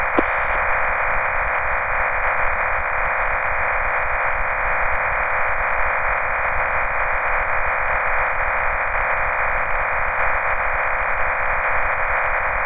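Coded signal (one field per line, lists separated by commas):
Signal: MT63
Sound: steady, wide, rushing hiss-like data tone, band-limited, with no breaks throughout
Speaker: now let's watch an ARRL radiogram being received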